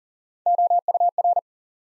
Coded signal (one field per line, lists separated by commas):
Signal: Morse code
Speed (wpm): 40 wpm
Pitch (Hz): 700 Hz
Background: none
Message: OUR